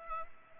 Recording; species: mosquito wingbeat signal from an infrared sensor; Culex pipiens